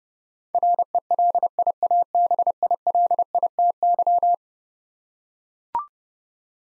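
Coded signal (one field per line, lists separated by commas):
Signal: Morse code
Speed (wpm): 30 wpm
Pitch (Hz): 700 Hz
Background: none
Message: RELIABILITY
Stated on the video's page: Eleven-letter words sent at 30 wpm for head-copy practice, each word sent twice.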